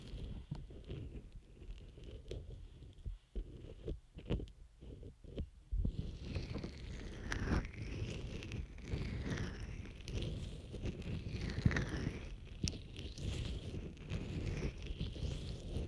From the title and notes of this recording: ASMR Scrub Ear Massage & Moisturizing Care Rubbing, Stroking, Cleansing, Tapping (No Talking).